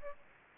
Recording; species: mosquito wingbeat signal from an infrared sensor; Aedes aegypti